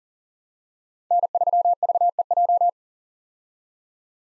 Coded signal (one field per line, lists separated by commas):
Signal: Morse code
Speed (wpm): 40 wpm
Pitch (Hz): 700 Hz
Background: none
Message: N3VEJ